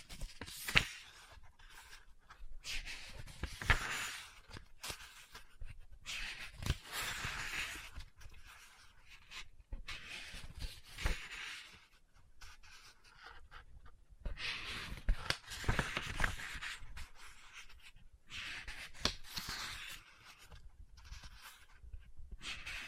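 Book sounds: soft scratching and rustling page turns come in bursts, bright and papery, with short quiet gaps between them. Sharp taps punctuate the texture every few seconds, a strong one near the start and others scattered throughout.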